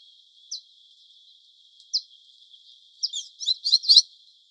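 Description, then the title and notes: Carib grackle calls: two sharp, isolated chips, then a quick cluster of several overlapping, high, squeaky notes near the end. Very large flock at the end of a walk in Capellanía wetland, Fontibón, Bogotá, Colombia, on Friday 6 March; recorded with a Zoom H5 recorder and a parabolic microphone. "viernes 6 de marzo. colectivo Bakata Pajarera. Lorena Delgado. humedal Capellania, en la localidad de Fontibón, Bogotá, Colombia. un grupo muy grande de Quiscalus lugubris o tordos negros"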